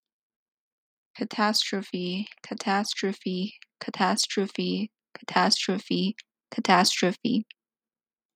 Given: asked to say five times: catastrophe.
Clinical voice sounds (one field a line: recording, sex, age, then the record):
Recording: repeated word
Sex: female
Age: 20 to 29 years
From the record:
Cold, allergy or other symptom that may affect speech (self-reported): no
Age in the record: 24 years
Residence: Colorado, United States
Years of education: 16